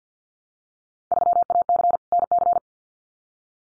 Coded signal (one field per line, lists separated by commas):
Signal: Morse code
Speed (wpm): 50 wpm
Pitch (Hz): 700 Hz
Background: none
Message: 3AC NC